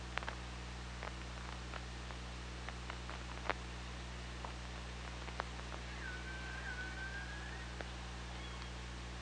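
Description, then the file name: Orca call, one drawn-out wavering tone that dips then holds level for over a second, after scattered sharp clicks, over a steady low hum. Underwater OrcaLab hydrophone, 24 August 2017, at 15:59:40. "Orca Lab JASON 20170824 155940"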